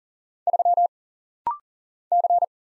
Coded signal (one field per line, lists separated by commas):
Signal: Morse code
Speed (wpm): 40 wpm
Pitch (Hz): 700 Hz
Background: none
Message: 3 C